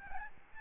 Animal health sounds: mosquito wingbeat signal from an infrared sensor; Aedes albopictus

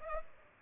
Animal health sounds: mosquito wingbeat signal from an infrared sensor; Culex pipiens

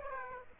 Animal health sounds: mosquito wingbeat signal from an infrared sensor; Aedes aegypti

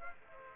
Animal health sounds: mosquito wingbeat signal from an infrared sensor; Aedes aegypti

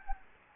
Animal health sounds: mosquito wingbeat signal from an infrared sensor; Anopheles gambiae

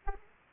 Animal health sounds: mosquito wingbeat signal from an infrared sensor; Aedes aegypti

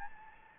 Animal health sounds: mosquito wingbeat signal from an infrared sensor; Anopheles gambiae

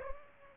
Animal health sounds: mosquito wingbeat signal from an infrared sensor; Aedes aegypti

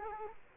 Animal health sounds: mosquito wingbeat signal from an infrared sensor; Culex quinquefasciatus

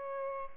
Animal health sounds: mosquito wingbeat signal from an infrared sensor; Aedes albopictus

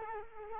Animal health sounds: mosquito wingbeat signal from an infrared sensor; Culex quinquefasciatus

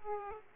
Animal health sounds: mosquito wingbeat signal from an infrared sensor; Aedes aegypti

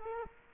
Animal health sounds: mosquito wingbeat signal from an infrared sensor; Culex quinquefasciatus

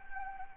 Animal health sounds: mosquito wingbeat signal from an infrared sensor; Anopheles arabiensis

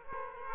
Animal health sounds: mosquito wingbeat signal from an infrared sensor; Aedes aegypti

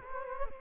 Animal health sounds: mosquito wingbeat signal from an infrared sensor; Culex quinquefasciatus

